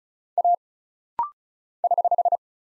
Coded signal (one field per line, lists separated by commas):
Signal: Morse code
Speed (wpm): 36 wpm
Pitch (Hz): 700 Hz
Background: none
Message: A <HH>